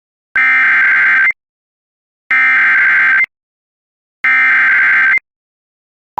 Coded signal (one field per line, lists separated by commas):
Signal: Emergency Alert System (SAME) tones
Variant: header bursts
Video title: Overnight Alerts: EAS Alerts From 6/9/24 (EAS #2559-2569)